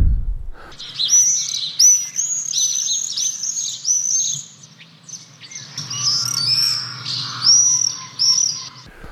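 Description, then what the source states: Common Swift screaming calls, shrill high buzzy screams repeated in bursts throughout, with a faint low hum underneath. The call helps tell the swift from swallows and martins; all black, long-winged, nests in vents or under roof tiles.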